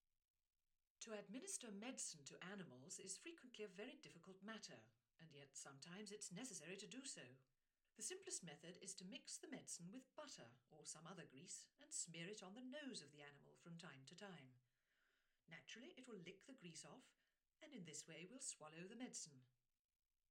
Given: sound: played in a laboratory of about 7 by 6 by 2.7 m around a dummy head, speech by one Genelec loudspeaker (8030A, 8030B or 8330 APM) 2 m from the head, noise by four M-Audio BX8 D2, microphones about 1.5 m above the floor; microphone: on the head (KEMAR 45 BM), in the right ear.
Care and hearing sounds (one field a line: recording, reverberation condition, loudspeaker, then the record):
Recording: female speech in English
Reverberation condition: low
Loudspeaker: 60 degrees to the right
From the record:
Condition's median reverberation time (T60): about 310 ms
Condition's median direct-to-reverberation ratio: about 3.5 dB